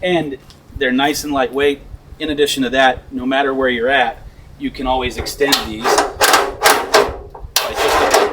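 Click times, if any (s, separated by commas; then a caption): 7.6 s. Someone talks while folding entry stairs on an RV are extended at the push of a button, and they lock into their deployed position in the doorway frame with a loud metal clunk at 7.6 s.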